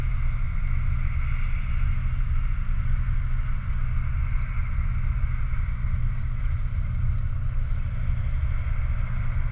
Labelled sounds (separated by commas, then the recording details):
machinery, flare stack, rain
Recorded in the Prudhoe Bay oil fields, Alaska, on 14 July 2019 at 22:52
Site 29